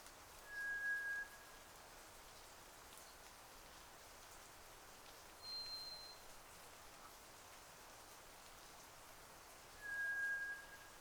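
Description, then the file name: White's thrush song of drawn-out monotone whistles, a lower note, then a higher one, then the lower again, each under a second and spaced several seconds apart, with hiss behind. Sung at night, 02:44, on 31 May 2009. "toratugumi-20090531-0244"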